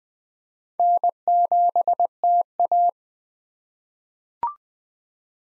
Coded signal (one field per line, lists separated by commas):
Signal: Morse code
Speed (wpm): 20 wpm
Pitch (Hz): 700 Hz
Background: none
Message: N7TA